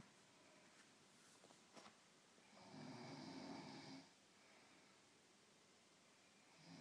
Snoring on couch.